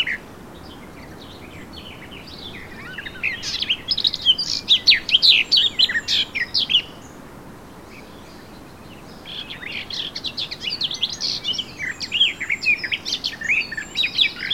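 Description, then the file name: Eurasian blackcap song: after a quiet start, a lively scratchy warble of mixed notes, a short lull, then a second energetic phrase of high chirps and whistles. "Sylvia atricapilla"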